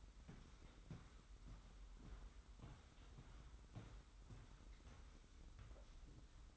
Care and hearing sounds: daily activity, microphone in the room; walk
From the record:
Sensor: 3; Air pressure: 990.6 hPa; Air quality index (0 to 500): 169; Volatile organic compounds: 1000 ppm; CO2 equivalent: 5486 ppm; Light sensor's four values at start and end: 41/97/39/37 and 40/95/39/37

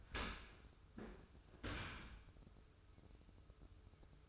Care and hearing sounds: daily activity, microphone in the room; open dishwasher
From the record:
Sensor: 2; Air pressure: 995.7 hPa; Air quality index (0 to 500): 96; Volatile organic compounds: 5 ppm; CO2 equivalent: 1775 ppm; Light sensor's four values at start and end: 25/81/32/31 and 25/81/32/31

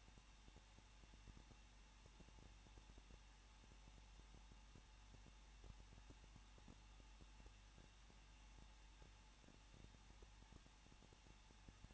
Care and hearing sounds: daily activity, microphone in the room; no activity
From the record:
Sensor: 1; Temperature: 20.1 degrees Celsius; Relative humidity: 39.2%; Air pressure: 1006.3 hPa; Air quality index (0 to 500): 217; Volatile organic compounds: 76 ppm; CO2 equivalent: 3573 ppm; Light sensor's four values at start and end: 1/2/1/1 and 1/2/1/1

